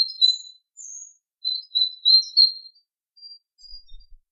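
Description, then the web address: Songbird twittering in bright, high chirps and short slurred notes, strung together in uneven bursts that fade toward the end. Native hedgerow bird. "oeko hecke vogel februar vogel heimisch"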